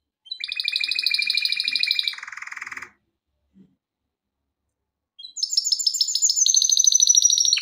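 Canary song: fast buzzy trills of repeated notes in two pitch bands, a lower rattling phrase, a pause of about two seconds, then a high rolling trill resumes.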